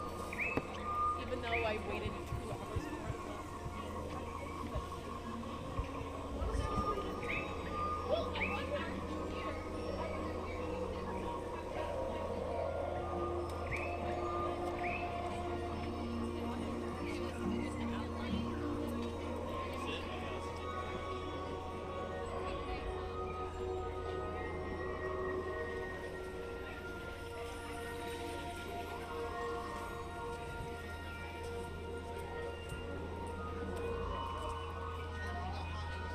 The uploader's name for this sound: Disneyland Park Binaural Walk Through